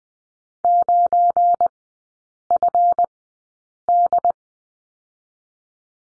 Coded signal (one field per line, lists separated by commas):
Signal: Morse code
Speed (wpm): 20 wpm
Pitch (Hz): 700 Hz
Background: none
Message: 9FD